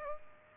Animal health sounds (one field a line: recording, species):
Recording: mosquito wingbeat signal from an infrared sensor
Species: Aedes aegypti